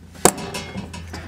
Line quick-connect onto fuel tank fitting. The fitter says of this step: hopefully you've heard that more than you heard the rattle of the heat shield but there was a click an audible click and